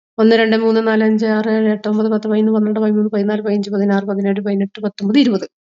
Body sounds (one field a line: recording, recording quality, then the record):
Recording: counting at a fast pace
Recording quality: excellent, no background noise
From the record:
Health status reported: exposed to COVID-19, no respiratory illness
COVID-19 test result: not tested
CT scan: not taken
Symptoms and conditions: cough, cold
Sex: female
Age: 49 years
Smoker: no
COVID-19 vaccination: both doses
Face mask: not worn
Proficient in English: no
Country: India